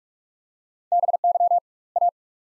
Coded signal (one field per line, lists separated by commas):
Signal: Morse code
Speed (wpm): 46 wpm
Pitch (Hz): 700 Hz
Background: none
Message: BY A